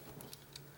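A plastic weapon is slid into the plastic weapon holder of a Hasbro Transformers Masterpiece Rodimus Prime action figure. Faint handling rustle and light ticks run throughout, with a brief sharp tick at 0.3 s and a low thump at 0.8 s. The weapon is not yet home, and nothing has seated or clicked yet.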